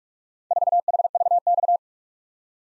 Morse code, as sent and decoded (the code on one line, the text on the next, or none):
....- .... ...- -..-
4HVX